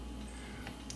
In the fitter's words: and once that is clicked into place you are ready to go